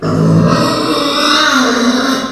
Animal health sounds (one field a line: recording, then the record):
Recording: squeal of a Yucatan mini pig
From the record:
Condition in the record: after surgery on the right vocal fold (resection and tissue-engineered implant)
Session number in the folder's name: 12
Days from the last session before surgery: 105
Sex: female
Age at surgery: 19 weeks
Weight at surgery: 25 kg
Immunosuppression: prednisolone